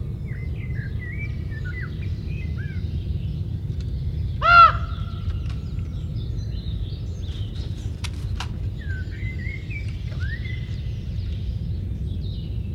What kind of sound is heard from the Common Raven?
call